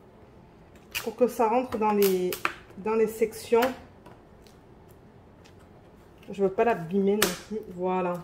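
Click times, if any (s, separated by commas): none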